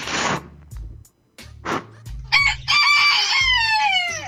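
A few short, hissy bursts over low thumping, then a rooster lets out a long, loud crow that rises and trails off in a drawn-out, raspy call.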